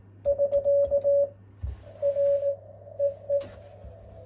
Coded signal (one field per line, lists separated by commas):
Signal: Morse code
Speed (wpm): 18 wpm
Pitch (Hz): 560 Hz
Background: none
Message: <SK> R EE